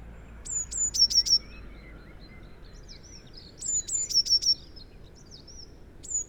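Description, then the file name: Eurasian blue tit singing high, thin notes followed by a short run of repeated notes, phrases about three seconds apart, with a low rumble behind. "Cyanistes caeruleus"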